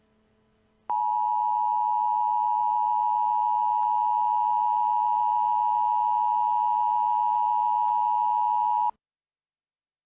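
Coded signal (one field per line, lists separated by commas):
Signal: Emergency Alert System (SAME) tones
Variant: 853 and 960 Hz attention tone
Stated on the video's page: Fictional EAS scenario of Alaska Shelter In Place Warnings.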